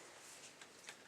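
A blue plastic blood-administration IV tubing cassette is pushed lengthwise into an infusion pump against a steady, faint background hiss. A small tick sounds at 0.6 s, then a sharper, brighter click at 0.9 s as the cassette seats in place.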